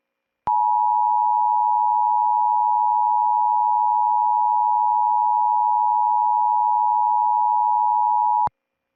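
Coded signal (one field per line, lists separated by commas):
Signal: Emergency Alert System (SAME) tones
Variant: 853 and 960 Hz attention tone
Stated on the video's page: Mock EAS alert, not real; audio quality is poor.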